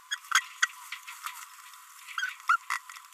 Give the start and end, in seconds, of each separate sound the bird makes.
0.11-0.15, 0.32-0.40, 0.62-0.66, 2.18-2.32, 2.49-2.56, 2.70-2.78